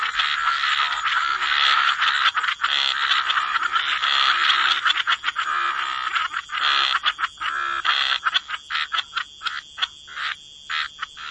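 Frogs calling together in a dense rasping chorus that later breaks into quick, separate croaks.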